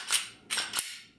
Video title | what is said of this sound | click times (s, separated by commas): Glock 43 G43 how to clean. | your locks into place good | 0.8 s